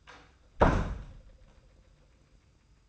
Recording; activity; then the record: daily activity, microphone in the room; close door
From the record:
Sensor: 2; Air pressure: 990.3 hPa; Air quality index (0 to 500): 186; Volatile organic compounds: 1000 ppm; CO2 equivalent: 5910 ppm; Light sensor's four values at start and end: 34/80/33/33 and 35/81/33/33